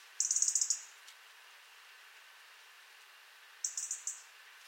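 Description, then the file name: European robin giving a rapid run of sharp, high ticks, then a long quiet gap before a second, softer burst near the end. "Erithacus rubecula"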